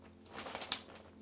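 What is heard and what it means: A softbox support rod on an Ambiful 90 quick-setup softbox is pulled and its peg pushed into the hole of the Bowens-mount adapter ring. It snaps in with a sharp click at 0.7 s, preceded by a softer tick around 0.6 s, and the peg is seated. Someone talks briefly over a low steady hum.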